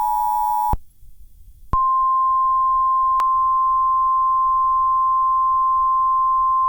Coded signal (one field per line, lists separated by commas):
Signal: Emergency Alert System (SAME) tones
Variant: 853 and 960 Hz attention tone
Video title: EAS Mock - Blizzard Warning for Charlotte, NC